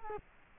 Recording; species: mosquito wingbeat signal from an infrared sensor; Culex quinquefasciatus